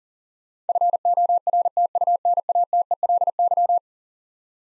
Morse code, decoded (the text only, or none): FORTUNATELY